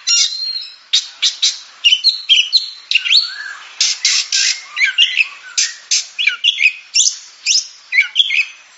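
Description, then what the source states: Oriental magpie-robin song of many loud, harsh buzzy bursts in quick succession, mixed with short whistled notes. Champion singing bird.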